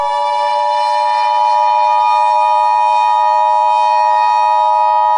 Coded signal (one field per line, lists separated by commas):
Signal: Emergency Alert System (SAME) tones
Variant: 853 and 960 Hz attention tone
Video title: EAS Scenario #5: The Night Of The Yanderes (7 Subscriber Special)